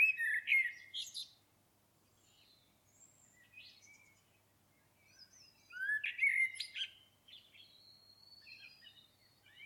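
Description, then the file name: Common blackbird song, a fluty warbled phrase with a squeaky high flourish, a pause with faint high notes, then another warbled phrase. "Turdus merula"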